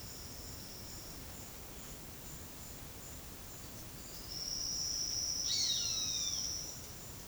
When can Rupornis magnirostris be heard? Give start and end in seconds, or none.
5.43-6.40